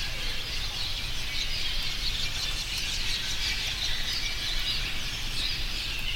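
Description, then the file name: Cave Swallows giving short, high chirps scattered throughout over a steady, hissing wash of high-pitched background noise. Carlsbad Caverns, 24 July 2006. "07-24-06-Carlsbad Cave Swallows"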